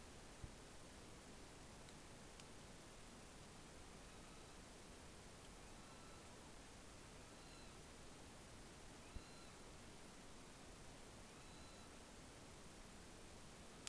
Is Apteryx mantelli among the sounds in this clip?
no